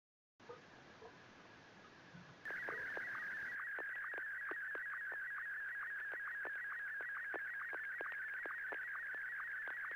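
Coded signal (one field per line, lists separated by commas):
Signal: SSTV (slow-scan television)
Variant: Martin 1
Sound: warbling tone scanning image lines, with a short low sync blip about twice a second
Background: FM radio hiss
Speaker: Go ahead. N6KEN with your picture.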